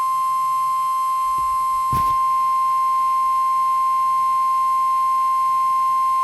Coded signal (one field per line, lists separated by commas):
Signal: Emergency Alert System (SAME) tones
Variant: 1050 Hz attention tone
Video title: Eas Ewx svr on WXK67 Eas#2001